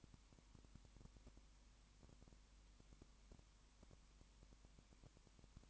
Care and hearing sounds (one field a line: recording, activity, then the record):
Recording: daily activity, microphone in the room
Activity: no activity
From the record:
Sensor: 1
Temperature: 19.7 degrees Celsius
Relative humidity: 40.5%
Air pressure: 1010.6 hPa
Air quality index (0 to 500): 208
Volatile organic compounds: 56 ppm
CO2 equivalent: 3366 ppm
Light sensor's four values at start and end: 1/2/1/1 and 1/2/1/1